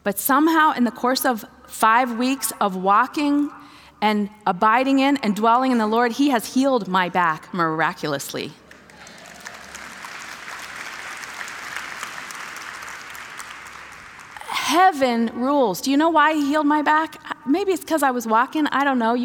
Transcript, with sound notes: But somehow in the course of five weeks of walking, and abiding in and dwelling in the Lord, He has healed my back miraculously! (applause) Heaven rules! Do you know why He healed my back? Maybe it’s because I was walking, I don’t know.